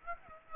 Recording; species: mosquito wingbeat signal from an infrared sensor; Aedes aegypti